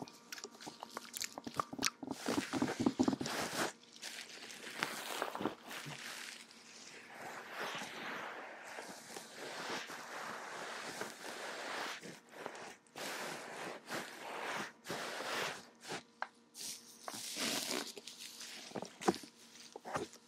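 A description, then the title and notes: Ear massage sounds: rapid rubbing, crinkly scratching and soft crackles that come in dense bursts, with brief pauses around the five and twelve second marks. The textures are bright and crisp, with a faint steady low hum underneath. ASMR Ear Massage for Sleep & Tingles Fluffy Paws 3dio Ear to Ear Sounds.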